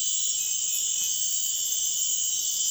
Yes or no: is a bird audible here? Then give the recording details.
no. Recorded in pastures near Puerto Asís, Putumayo, Colombia, on 28 February 2025 at 02:30. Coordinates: 0.502, -76.324. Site GP07